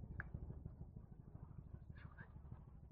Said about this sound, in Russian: И снова зацокали копыта боевого коня, унося всадника к дому на углу Оксайской и Барочной, этих двух окраинных улиц.